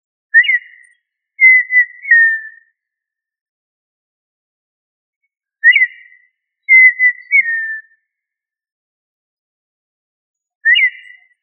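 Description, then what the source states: Quail calling in pure whistles, a sharp rising note then a longer slurred whistle sliding downward, the pattern repeating roughly every five seconds against silence. Listed under family Tinamidae; local name puyuh.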